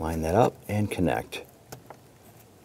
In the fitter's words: you should hear our audible click and feel it snap in